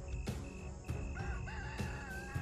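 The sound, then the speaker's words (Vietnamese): A rooster in a chicken cage outside the door of a woodshed crows at 3 a.m. in a drawn-out, wavering call with rising and falling pitch, set against a steady faint hum and punctuated by a few sharp knocks. “3 giờ sáng, đúng lúc ấy ở bên ngoài cửa gian nhà chứa củi, tiếng gà gáy đã cất lên.”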